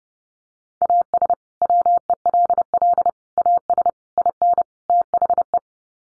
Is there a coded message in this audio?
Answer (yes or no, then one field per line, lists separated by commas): yes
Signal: Morse code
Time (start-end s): 0.8-5.6 s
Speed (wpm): 30 wpm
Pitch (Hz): 700 Hz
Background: none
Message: AS WELL AS IN THE